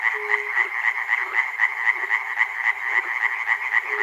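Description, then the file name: Frogs calling together in a rapid pulsing chorus of croaks, steady throughout, with a short low sustained tone at the start and end. Frogs recorded at Chernobyl. "peter cusack-chernobyl frogs"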